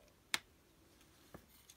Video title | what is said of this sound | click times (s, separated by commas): Beast Wars Universe Tigerhawk Review - Transformers Legacy United | you have to make sure you press it until you hear it click | 0.3 s